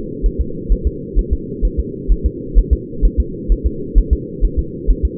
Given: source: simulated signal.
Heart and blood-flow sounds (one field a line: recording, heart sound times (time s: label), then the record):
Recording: fetal heart sounds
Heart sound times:
0.26 s: S1
0.41 s: S2
0.72 s: S1
0.87 s: S2
1.19 s: S1
1.33 s: S2
1.65 s: S1
1.80 s: S2
2.12 s: S1
2.26 s: S2
2.59 s: S1
2.73 s: S2
3.05 s: S1
3.20 s: S2
3.52 s: S1
3.66 s: S2
3.98 s: S1
4.13 s: S2
4.45 s: S1
4.59 s: S2
4.90 s: S1
5.05 s: S2
From the record:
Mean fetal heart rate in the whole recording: 130 bpm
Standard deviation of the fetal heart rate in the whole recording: 2 bpm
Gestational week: 36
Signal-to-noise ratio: -4.3 dB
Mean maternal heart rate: 72 bpm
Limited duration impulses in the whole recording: absent